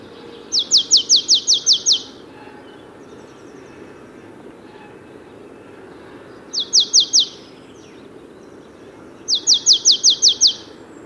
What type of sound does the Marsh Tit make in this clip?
song